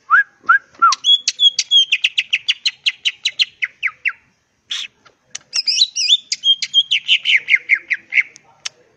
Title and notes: Cucak Ijo Gacor Ngentrok Jambul Nembak. suara burung cucak ijo gacor, merdu cocok buat masteran burung cucak ijo